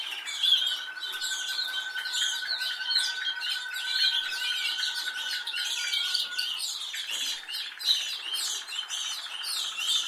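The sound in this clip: Canary holding a long, level, fast trill for several seconds amid dense high chirping.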